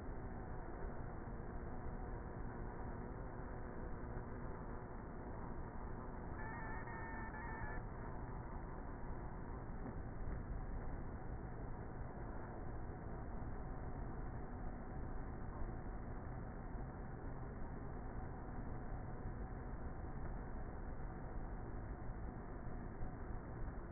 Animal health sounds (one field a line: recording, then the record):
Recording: honeybee colony, microphone inside the hive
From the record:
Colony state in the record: queenless with a low population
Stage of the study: before two queens were removed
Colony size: about 30,000 bees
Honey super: no